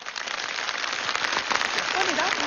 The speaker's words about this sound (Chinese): 啊，您听这什么就鼓掌？ 听什么鼓掌？